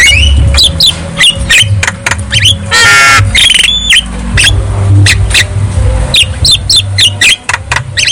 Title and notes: Pancingan Jalak Kebo Bisu. Kicau Jalak Kebo